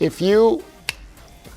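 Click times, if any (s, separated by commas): 0.9 s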